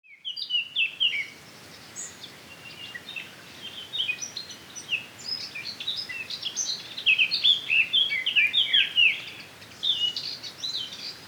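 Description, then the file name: Eurasian blackcap song, a lively stream of quick varied whistles and twittering notes, building to a dense, brighter warble before a short final burst. "Sylvia atricapilla"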